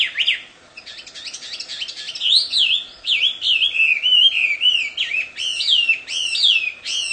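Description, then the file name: Chinese hwamei song opening with quick sharp chips, then flowing into loud looping whistled phrases that rise and fall in a steady, varied stream. Wild bird singing in the wild. "audio-kicauan-burung-hwamei-di-alam-liar -omkicau"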